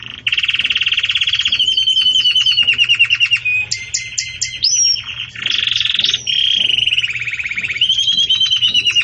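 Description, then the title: Canary song with sustained rattling trills, brief whistled notes and rising slurs, switching between phrases with short pauses. Belgian canary song used for training chicks (encarte de filhotes); style described as campainha. "Belíssimo Canto Do Canário Belga Campainha Para Encarte De Filhotes"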